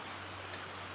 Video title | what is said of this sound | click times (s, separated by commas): Working on buddys ford 150 while it pours rain | you push it over and it pops right in. Look at that. | 0.5 s